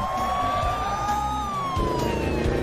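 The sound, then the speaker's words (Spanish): A police siren wails steadily, its tone sliding slowly up and then down, over a loud rumbling engine and road noise, with no one speaking. “¡Es la policía!”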